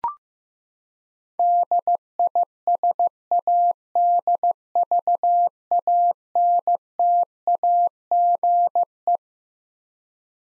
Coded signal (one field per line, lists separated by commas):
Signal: Morse code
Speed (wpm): 15 wpm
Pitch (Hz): 700 Hz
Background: none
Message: DISADVANTAGE